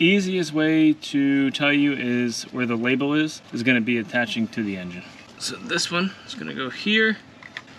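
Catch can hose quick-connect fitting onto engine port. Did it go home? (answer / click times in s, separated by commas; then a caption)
no / none. Someone talks while holding a new PCV/Ford Performance catch-can hose, positioning its quick-connect fitting by its label toward its port on the engine of a Gen 2 Ford Raptor. Two small handling ticks are heard near 7.5 s. Nothing has seated or clicked yet, as the fitting has not been pressed home by the end of the clip.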